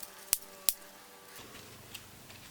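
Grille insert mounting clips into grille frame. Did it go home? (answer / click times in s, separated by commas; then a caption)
yes / 0.3 s, 0.7 s. A rebuilt three-piece honeycomb grille insert of ABS plastic mesh is pressed back onto its mounting points in the grille frame. Two sharp snaps ring out at 0.3 s and 0.7 s as the mounting clips snap into place, and the grille is seated. A steady low hum runs under the clip.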